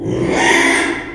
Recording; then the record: squeal of a Yucatan mini pig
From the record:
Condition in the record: after surgery on the right vocal fold (resection and tissue-engineered implant); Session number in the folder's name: 3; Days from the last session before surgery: 33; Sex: male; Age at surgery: 12 weeks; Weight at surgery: 13 kg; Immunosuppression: cyclosporine, prednisolone